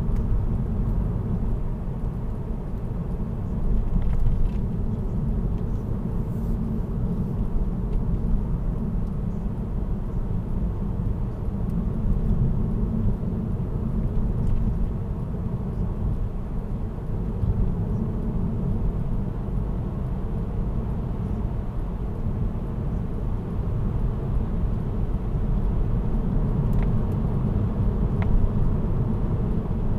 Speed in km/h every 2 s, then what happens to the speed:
63, 63, 62, 61, 60, 61, 62, 62, 63, 64, 66, 70, 71, 75, 76.
0-15 steady at about 62. 15-30 speeds up to 76.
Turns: none.